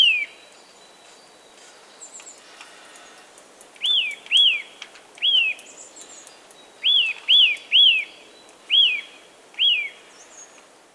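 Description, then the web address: Eurasian nuthatch calls: clear whistled notes that rise then fall, given singly, in a pair and in a quick triplet, about nine in all, with faint thin high chirps behind. 28 February 2021. "fagelljud 20210228 notvacka"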